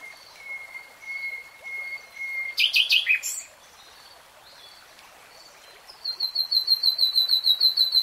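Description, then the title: Nightingale song: a few quiet drawn-out whistles, a loud chattering burst, then a fast run of repeated high sharp notes. Singing in real time. "[Tiếng chim hót] 3 Hours REALTIME Nightingale Singing"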